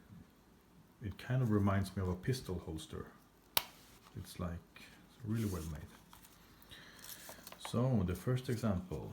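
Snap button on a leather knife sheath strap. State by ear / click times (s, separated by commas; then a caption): seated / 3.6 s. Someone talks while closing the press-stud snap button on the retaining strap of a leather sheath for a Muela Kodiak 10 CA hunting knife. A single sharp snap is heard at 3.6 s as the button seats and the strap closes.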